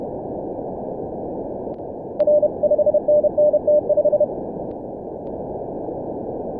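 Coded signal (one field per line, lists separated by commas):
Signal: Morse code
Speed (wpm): 32 wpm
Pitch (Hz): 600 Hz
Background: none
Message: R 5NNT5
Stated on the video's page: Morse Runner contest simulation run, 48 QSOs in 10 minutes.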